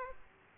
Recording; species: mosquito wingbeat signal from an infrared sensor; Aedes aegypti